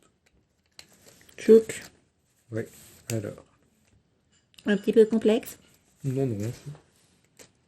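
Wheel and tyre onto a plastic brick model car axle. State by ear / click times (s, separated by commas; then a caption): not seated / none. A plastic building-brick wheel and tyre that came off a LEGO Technic F1 42000 toy car is being pushed back onto its axle. Someone talks over a few faint handling ticks and taps. Nothing has seated or clicked yet.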